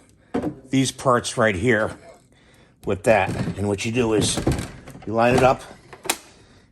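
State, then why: Seated. A 100 V lithium battery pack is lined up with the terminal slots of a Snow Joe iON100V-21SB 100-Volt snow thrower and pushed down into the battery slot while someone talks. A sharp, loud click at 6.1 s confirms the pack is seated in the tool.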